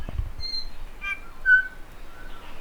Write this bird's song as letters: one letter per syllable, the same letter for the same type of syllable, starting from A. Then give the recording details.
A B C. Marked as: Flatsqueak(CUV+C#), Alarmy(trainwhistle+aah), Pipe(F#[6]+). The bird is a male. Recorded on Cuvier Island, New Zealand, on 5 November 2016. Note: WheezeBuzz